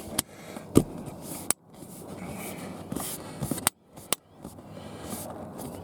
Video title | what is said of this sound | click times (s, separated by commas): Seat cover replacement 2010 dodge | on a little I hear a little clicks going on so so | 0.2 s, 1.5 s, 3.7 s, 4.1 s